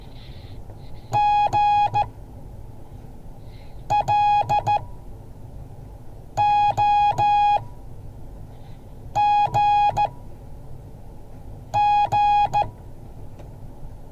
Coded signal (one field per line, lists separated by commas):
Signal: Morse code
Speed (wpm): 15 wpm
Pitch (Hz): 830 Hz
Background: none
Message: GLOGG